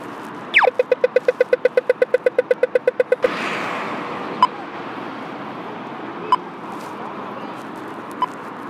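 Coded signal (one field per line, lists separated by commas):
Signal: beep code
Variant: pedestrian crossing signal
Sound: descending chirp, then about 20 fast ticks over 2.5 seconds, then occasional slow ticks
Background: street traffic noise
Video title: Dublin Traffic Light crosswalk beeping sound (Short Movie).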